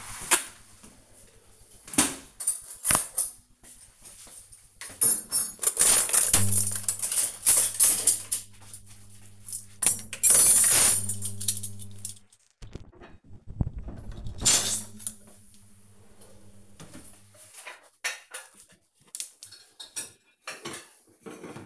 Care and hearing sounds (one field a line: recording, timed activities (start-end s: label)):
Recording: household activities, microphone on the right wrist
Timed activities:
none